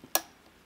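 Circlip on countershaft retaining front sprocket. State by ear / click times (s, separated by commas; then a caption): seated / 0.2 s. A metal circlip is pushed onto an RM250 motorcycle's countershaft, where it retains the front sprocket, until it snaps into its groove. A single sharp, bright click is heard at 0.1 s and decays quickly into quiet. The circlip is seated in its groove.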